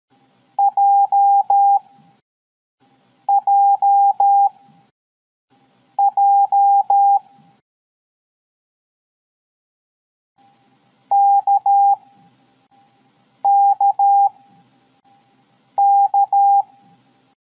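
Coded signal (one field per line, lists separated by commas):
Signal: Morse code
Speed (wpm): 13 wpm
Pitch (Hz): 800 Hz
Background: none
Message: JJJ KKK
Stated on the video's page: Morse code letter sounds A–Z played one at a time as a practice exercise, each paired with a mnemonic.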